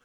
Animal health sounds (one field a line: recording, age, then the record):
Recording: pig call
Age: piglet (1 to 25 days)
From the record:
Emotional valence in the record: positive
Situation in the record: reunion after long isolation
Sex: male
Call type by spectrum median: low-frequency call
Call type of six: low-frequency tonal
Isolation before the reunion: 8 minutes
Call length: 0.04 s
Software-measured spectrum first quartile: 1044 Hz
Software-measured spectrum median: 1641 Hz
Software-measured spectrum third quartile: 4079 Hz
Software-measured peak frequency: 1538 Hz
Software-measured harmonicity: 0.1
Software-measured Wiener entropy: -1.17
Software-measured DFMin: 927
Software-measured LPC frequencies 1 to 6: 1477, 2631, 3207, 4075, 5398, 5993 Hz